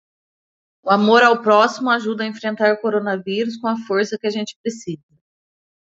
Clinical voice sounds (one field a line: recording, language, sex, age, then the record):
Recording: spoken sentence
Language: Brazilian Portuguese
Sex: female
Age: 30 to 39 years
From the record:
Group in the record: control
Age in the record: 38 years